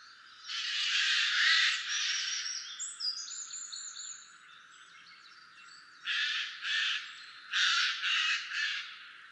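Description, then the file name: Eurasian jay with a long harsh screech, a few thin whistled notes, then a series of five short rasping screeches. "Garrulus glandarius"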